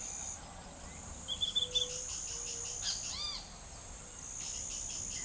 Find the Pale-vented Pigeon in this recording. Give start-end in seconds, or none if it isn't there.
none